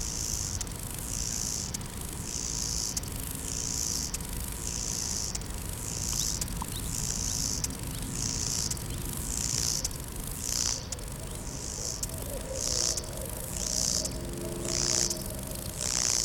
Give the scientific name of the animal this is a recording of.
Chorthippus albomarginatus